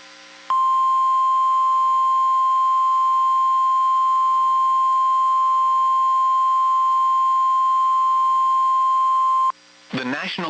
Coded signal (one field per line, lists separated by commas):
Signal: Emergency Alert System (SAME) tones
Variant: 1050 Hz attention tone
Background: speech